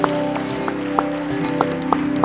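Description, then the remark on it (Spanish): Sharp hand claps ring out at uneven intervals as people applaud the Lord, fairly loud, over a steady sustained musical tone that hums underneath throughout. “Otro aplauso al Señor por ellos.”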